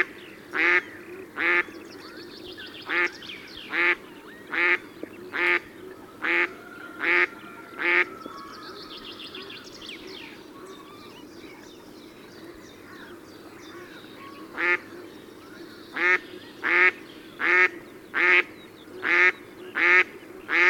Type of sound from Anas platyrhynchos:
call